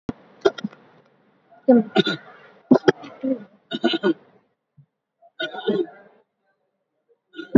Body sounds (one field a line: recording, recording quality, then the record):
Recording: shallow voluntary cough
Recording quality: poor, much background noise or distortion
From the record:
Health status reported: COVID-19 positive, mild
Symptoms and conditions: cough, cold, breathing difficulty, fever, fatigue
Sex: male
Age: 39 years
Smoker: not ticked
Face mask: not worn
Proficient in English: no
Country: India